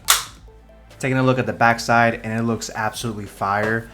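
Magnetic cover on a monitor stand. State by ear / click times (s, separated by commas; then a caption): seated / 0.1 s. A magnetic plastic cover is lined up on the monitor stand of an ASUS ROG Swift OLED 27-inch PG27AQDM monitor and snaps magnetically into place with a sharp click at 0.1 s. It is judged very convenient and easy to install, and after a brief quiet someone talks from about 1.0 s.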